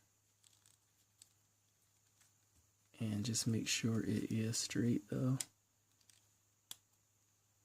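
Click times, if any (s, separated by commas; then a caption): 6.7 s. While transforming a Transformers Generations Thrilling 30 Windblade plastic action figure into robot mode, the folded chest and back parts are straightened and pressed together into their mating slot. Someone talks from about 3 to 5.5 s, with a few faint plastic ticks around it. A sharp click at 6.7 s marks the panel snapping into place.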